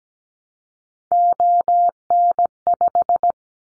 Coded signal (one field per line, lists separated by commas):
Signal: Morse code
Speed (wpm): 17 wpm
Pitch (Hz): 700 Hz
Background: none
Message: ON5